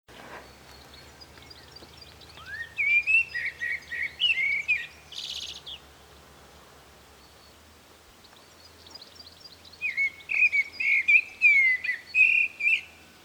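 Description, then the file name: Common blackbird song: two phrases of mellow, fluting whistles mixed with squeaky high twitters, separated by a pause, with a low hum underneath. "Turdus merula"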